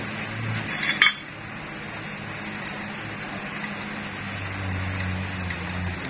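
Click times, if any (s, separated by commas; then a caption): none. A two-stroke Ninja motorcycle cylinder block is pushed down over the piston onto the crankcase, giving metallic clinks with a sharp one at about 1.0 s over a steady low hum. The block is still not fully seated, and no seating click has been heard yet.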